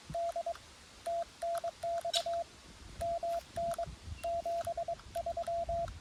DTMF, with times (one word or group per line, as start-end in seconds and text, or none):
none